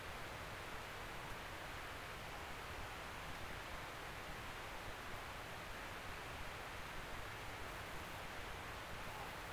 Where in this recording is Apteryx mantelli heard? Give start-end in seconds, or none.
none